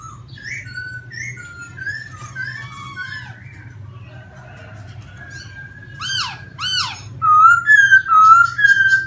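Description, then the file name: Laughingthrush song of varied whistled phrases, soft at first, then sharp downward sweeps and loud looping whistles building toward the end, over a low background hum. Laughingthrush singing in a forest voice (giọng rừng). "Tieng khuou hot giong rung"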